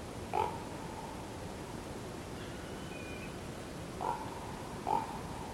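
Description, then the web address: Common Raven croaks: three short hoarse calls, one early and two close together near the end, against a noisy background with a faint thin tone in between. "Yle Aihe 2016 10 katoava pohjola susi feature korppi"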